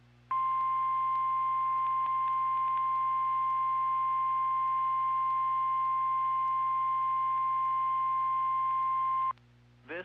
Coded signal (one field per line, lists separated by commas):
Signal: Emergency Alert System (SAME) tones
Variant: 1050 Hz attention tone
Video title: NOAA Weather Radio Audio: Test Tornado Warning as a Required Weekly Test